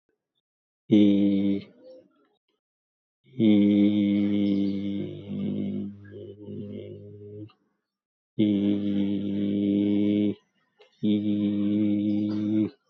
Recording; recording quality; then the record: sustained vowel as in beet; excellent, no background noise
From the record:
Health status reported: healthy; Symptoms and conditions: none ticked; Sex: male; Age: 60 years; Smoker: not ticked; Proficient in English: yes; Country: India